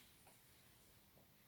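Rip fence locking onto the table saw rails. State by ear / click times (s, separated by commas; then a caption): not seated / none. The rip fence of a Titan table saw is handled along its rails toward being locked in place with its clamping handle. Only a low, steady background hum is heard, with two faint soft bumps near 0.3 and 1.2 seconds. Nothing has seated or clicked yet.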